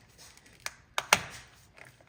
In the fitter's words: Okay. So I don't know if you guys heard that, but it clicked right there.